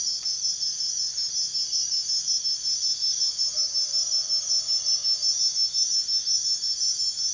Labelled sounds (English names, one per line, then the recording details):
none
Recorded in secondary vegetation near Puerto Asís, Putumayo, Colombia, on 29 June 2025 at 04:30
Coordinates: 0.498, -76.327
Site GP09